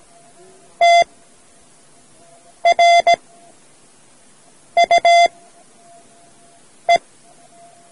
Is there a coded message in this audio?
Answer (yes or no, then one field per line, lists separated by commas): yes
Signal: Morse code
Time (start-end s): 0.8-7.0 s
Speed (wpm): 17 wpm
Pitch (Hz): 690 Hz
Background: none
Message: TRUE